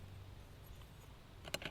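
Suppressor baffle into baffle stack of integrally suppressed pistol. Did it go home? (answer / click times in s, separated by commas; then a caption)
no / none. The final metal baffle is being handled and pushed toward the baffle stack of a SilencerCo Maxim 9 integrally suppressed pistol. A quiet low rumble is followed by a few short, sharp ticks at about 1.5 s and 1.7 s. Nothing has seated or clicked into place yet.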